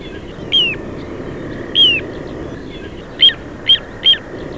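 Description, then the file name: Little ringed plover calling, two clear descending whistled notes followed by three short sharp piping notes in quick succession, over steady background noise. "Charadrius dubius"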